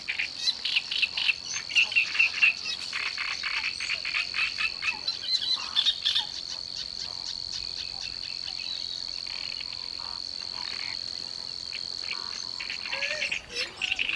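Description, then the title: Cricket chirping: a steady, high continuous trill runs throughout, with rapid pulsed sounds and scattered clicks during the first six seconds. "The Secret Language of Crickets. Exploring Cricket Communication"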